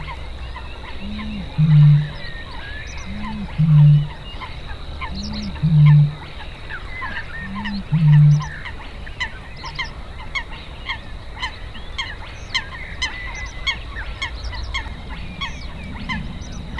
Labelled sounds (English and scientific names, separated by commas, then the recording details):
Great Bittern (Botaurus stellaris)
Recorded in the wild
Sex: male
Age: adult
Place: Warsow, Kummerower See, Mecklenburg-Vorpommern, DE
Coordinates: 53.8342, 12.8322
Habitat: wetland
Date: 2013-04-26
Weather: cloudy, weak winds, 5°C
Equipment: Sound Devices 702, Sennheiser MKH 70, Rycote Windschutz
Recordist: Frommolt, Karl-Heinz
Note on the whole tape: Rufreihe einer Rohrdommel